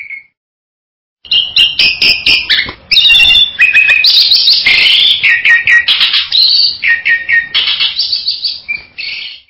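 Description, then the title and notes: Bali myna song: after a brief whistle and a pause, a rapid, sustained run of mixed whistles, buzzy chatter and harsh notes. "Jalak Bali. Kicau Burung Jalak"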